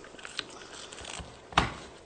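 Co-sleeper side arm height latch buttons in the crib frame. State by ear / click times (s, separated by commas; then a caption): seated / 0.4 s, 1.6 s. An Arm's Reach co-sleeper crib frame is set to a new height level, and its middle side arm is pulled up until the two internal latch buttons in the frame click into place, one click for each button. Two sharp clicks are heard at 0.4 s and 1.6 s, with the second one louder, among faint rustling. The height adjustment latches are seated.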